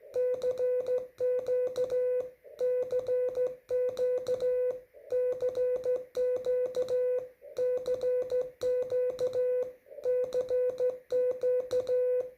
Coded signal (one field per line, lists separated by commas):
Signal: Morse code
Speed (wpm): 14 wpm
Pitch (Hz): 500 Hz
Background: music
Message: CQ CQ CQ CQ CQ